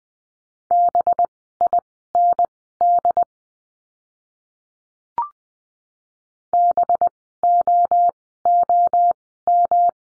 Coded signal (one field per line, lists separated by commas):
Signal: Morse code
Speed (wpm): 20 wpm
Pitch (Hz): 700 Hz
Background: none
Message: BIND BOOM